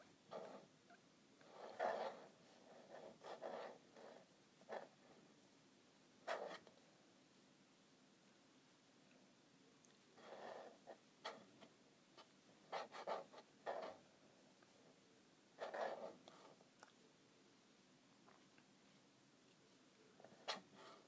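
Scratching on a calculator comes in short, rough bursts, some single and some in quick clusters, with quiet gaps of a second or more between them. Busy stretches come near the start, around ten to fourteen seconds and near sixteen seconds. A faint, steady hiss fills the pauses.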